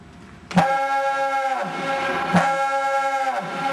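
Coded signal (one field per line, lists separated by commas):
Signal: coded fire alarm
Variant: Gamewell diaphone horns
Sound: deep diaphone horn blasts with a grunting start, about two in a short excerpt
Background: outdoor ambience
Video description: These horns blow out the fire box numbers. You can count the blasts and look on a sheet and know right where the location of the fire is.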